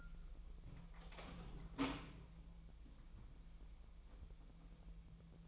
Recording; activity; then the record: daily activity, microphone in the room; open door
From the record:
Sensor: 1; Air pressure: 1001.2 hPa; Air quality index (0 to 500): 248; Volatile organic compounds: 144 ppm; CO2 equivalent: 3995 ppm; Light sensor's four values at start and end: 8/18/7/7 and 7/17/6/6